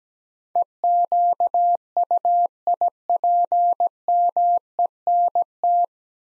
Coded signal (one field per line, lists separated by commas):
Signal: Morse code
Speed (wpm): 17 wpm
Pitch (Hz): 700 Hz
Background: none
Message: EQUIPMENT